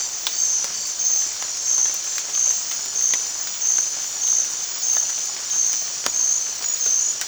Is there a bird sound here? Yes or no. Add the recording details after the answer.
no. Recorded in dense forest near Puerto Asís, Putumayo, Colombia, on 29 June 2025 at 23:30. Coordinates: 0.466, -76.327. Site GP04